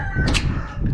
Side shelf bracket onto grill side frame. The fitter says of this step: like that, till you hear a positive snap.